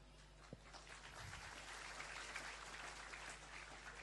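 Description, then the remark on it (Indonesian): Steady clapping from the audience at an Islamic lecture fills the whole stretch, a dense crackle of many hands at an even level with no voices over it, plus a low constant hum underneath. “Woi, jangan tepuk tangan, men.”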